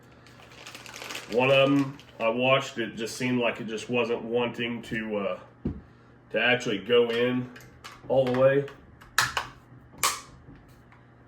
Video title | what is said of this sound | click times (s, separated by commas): UNBOXING SAVAGE ARMS 110 TRAIL HUNTER!! | so that one you heard the two clicks on there that thing is | 9.2 s, 10.0 s